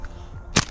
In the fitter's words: Ça se clipse assez bien en fait, je disais des conneries.